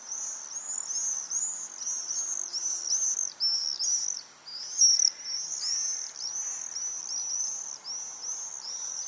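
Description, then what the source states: Swifts giving piercing, buzzy screams one after another, with a brief lull midway before they resume. Several swifts.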